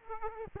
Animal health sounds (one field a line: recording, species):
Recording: mosquito wingbeat signal from an infrared sensor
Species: Aedes aegypti